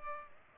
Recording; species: mosquito wingbeat signal from an infrared sensor; Culex pipiens